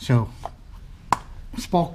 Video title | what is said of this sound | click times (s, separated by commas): Ford Figo 1 4 Duratec Oil and Plugs | so when you place it you know you want to make sure that it clicks in nicely okay so | 1.1 s